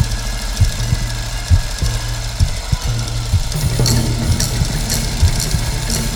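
Heart murmur in an adult, heard through a stethoscope, with low-pitched beats repeating at about 66 per minute.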